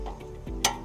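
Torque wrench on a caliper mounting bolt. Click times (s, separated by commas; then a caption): 0.7 s. A click-type torque wrench tightens a brake caliper mounting bolt on a 2008 Honda Civic EX during a brake job. A sharp, bright snap at 0.6 s is heard as the wrench breaks over, over a low background rumble. The click confirms the bolt has reached the 80 ft-lb setting.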